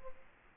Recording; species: mosquito wingbeat signal from an infrared sensor; Culex quinquefasciatus